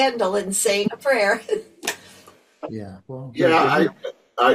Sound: laughs

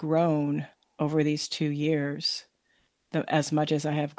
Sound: none

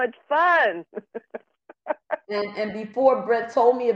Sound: laughs

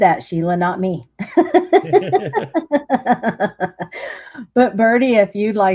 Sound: laughs

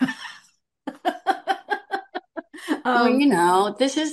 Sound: laughs

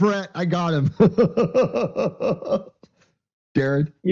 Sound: laughs

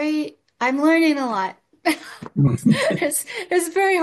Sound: laughs

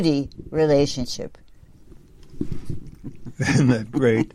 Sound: laughs

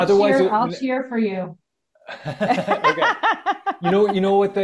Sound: laughs

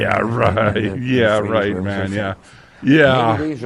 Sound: laughs

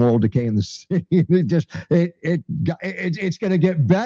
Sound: laughs

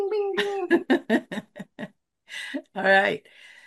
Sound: laughs

